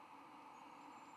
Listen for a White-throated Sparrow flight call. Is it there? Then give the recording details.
no. No flight call is heard. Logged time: 23:05 on 22 November 2014